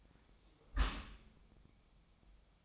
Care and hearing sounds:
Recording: daily activity, microphone in the room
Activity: close dishwasher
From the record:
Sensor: 1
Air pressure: 1004.7 hPa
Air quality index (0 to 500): 113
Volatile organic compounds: 4 ppm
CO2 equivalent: 1565 ppm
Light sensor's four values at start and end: 9/22/8/9 and 9/22/8/9

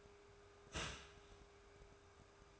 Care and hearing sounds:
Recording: daily activity, microphone in the room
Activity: start toaster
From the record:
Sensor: 2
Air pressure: 1014.5 hPa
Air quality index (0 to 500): 202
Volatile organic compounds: 23 ppm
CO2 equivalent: 2773 ppm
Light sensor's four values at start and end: 3/9/3/3 and 3/9/3/3

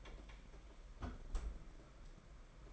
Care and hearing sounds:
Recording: daily activity, microphone in the room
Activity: close fridge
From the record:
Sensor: 5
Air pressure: 992.0 hPa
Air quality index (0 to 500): 200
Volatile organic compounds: 1000 ppm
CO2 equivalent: 5779 ppm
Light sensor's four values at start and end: 30/101/37/40 and 30/102/37/40

